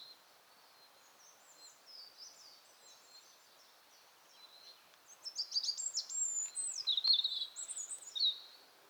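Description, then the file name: European robin song: faint, thin notes at first, then a louder burst of high, tumbling warbles and whistles in the second half. "Erithacus rubecula"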